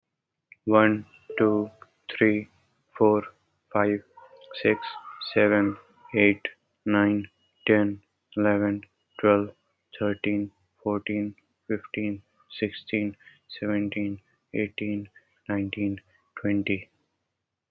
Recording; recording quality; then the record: counting at a normal pace; excellent, no background noise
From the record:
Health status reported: healthy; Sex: male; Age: 25 years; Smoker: yes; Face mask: not worn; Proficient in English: yes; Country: India